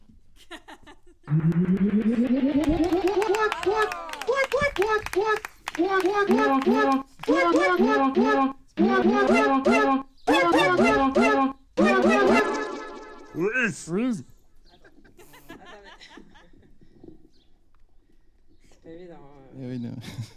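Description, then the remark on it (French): A quiz jingle, replayed after the quiz ends: high, childlike voices sing bright melodic phrases in punchy rhythmic bursts, opening with a rising swoop and lasting about twelve seconds before fading to near silence. “Je remets le jingle du quiz pour le plaisir.”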